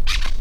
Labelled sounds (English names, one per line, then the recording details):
Brown-throated Parakeet contact call
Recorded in La Tortuga
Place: Isla La Tortuga
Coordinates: 10.925, -65.258